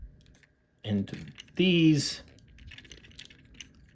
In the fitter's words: Just kind of there we go. Heard that little snap. Nice and snug.